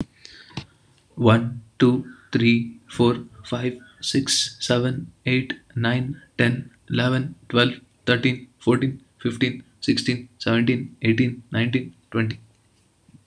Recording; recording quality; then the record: counting at a normal pace; excellent, no background noise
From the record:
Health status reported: exposed to COVID-19, no respiratory illness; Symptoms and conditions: none ticked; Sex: male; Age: 30 years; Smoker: not ticked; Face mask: not worn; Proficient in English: yes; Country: India